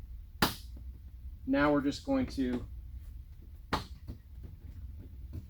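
Someone talks while handling the plastic front bumper cover of a 2011–13 Jeep Grand Cherokee, lining its edge clip up with the fender-side retainer bracket to push it back on. A sharp knock is heard at about 0.4 s and another at about 3.7 s, with soft handling noise in between. Nothing has seated or clicked into place yet.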